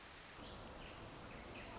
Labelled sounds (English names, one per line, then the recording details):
Pacific Wren
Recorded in Sonoma County, California